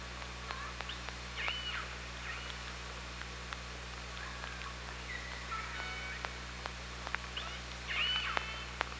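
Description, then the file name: Orca calls, several rising and falling pulsed cries spread throughout, mixed with sharp scattered clicks, all over a steady hiss and low hum. Recorded on an OrcaLab hydrophone underwater, 24 August 2017 at 18:42:13. "Orca Lab UTLN JASON 20170824 184213"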